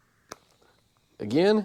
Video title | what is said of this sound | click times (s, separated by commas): RT Clinic: Review of the Oxyllow Devices | this system actually has a clicking mechanism so it goes on the inner aspect and you'll hear the click | 0.3 s